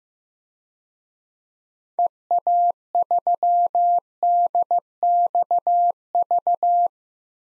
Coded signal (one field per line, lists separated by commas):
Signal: Morse code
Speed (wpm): 15 wpm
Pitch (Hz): 700 Hz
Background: none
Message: EA3DXV